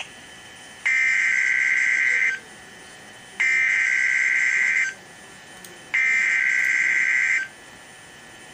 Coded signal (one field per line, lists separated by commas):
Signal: Emergency Alert System (SAME) tones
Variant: header bursts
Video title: EAS Alert #292 (SVR)